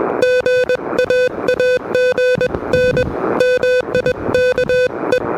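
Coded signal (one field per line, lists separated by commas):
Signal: Morse code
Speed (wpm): 22 wpm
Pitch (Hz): 500 Hz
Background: music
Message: GA AGN MIKE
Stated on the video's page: Low-power QRP CW park activation at Parc des Moulins on an Elecraft KH1 with a homebrew end-fed random wire antenna; noisy conditions.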